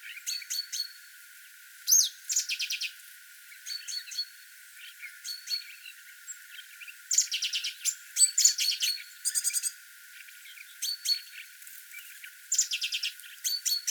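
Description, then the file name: Great tit calling, harsh buzzy chattering notes in short bursts repeated irregularly, with a few high chirps between them. "Parus major"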